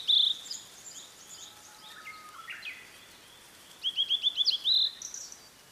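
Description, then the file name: Blue-and-white flycatcher song: a bright opening note, soft phrases, then a quick run of repeated whistled notes. "oruri"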